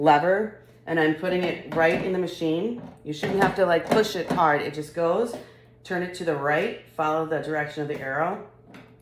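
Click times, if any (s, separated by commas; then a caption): none. Someone talks while lining up the plastic pint container and lid assembly of a Ninja Creami Breeze ice cream maker by the tooth under the lever, inserting it into the machine base without pushing hard, and turning it to the right along the arrow. Nothing has seated or clicked yet; the clip ends just before the container snaps into place.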